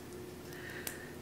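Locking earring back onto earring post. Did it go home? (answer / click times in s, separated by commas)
yes / 0.9 s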